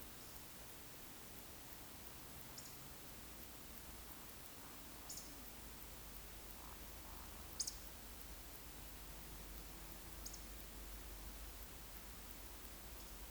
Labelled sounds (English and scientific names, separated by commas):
Eurasian Woodcock (Scolopax rusticola) whistle, Eurasian Woodcock (Scolopax rusticola) croak